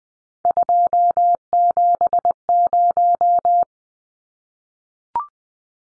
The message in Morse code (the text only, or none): 270